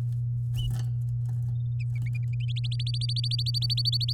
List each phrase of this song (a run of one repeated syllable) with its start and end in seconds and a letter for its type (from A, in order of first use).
2.48-4.13 A